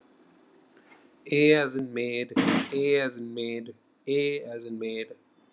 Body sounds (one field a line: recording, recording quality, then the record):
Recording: sustained vowel as in made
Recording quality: poor, much background noise or distortion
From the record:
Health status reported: COVID-19 positive, mild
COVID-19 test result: positive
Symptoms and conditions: muscle pain, loss of smell and taste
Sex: male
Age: 34 years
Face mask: not worn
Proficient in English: yes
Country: India